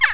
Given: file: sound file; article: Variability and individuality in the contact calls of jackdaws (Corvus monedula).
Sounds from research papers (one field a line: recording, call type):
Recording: jackdaw call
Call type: harmonic